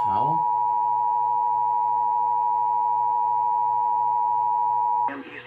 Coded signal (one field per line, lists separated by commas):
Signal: Emergency Alert System (SAME) tones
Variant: 853 and 960 Hz attention tone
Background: speech